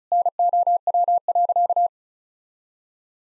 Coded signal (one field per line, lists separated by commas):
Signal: Morse code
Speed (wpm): 34 wpm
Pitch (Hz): 700 Hz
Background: none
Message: NOW.